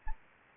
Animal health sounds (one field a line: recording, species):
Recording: mosquito wingbeat signal from an infrared sensor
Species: Anopheles arabiensis